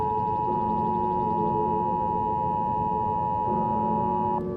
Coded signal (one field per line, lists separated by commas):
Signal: Emergency Alert System (SAME) tones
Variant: 853 and 960 Hz attention tone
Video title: EAS Short Scenario 53 | Infinity MPH Hurricane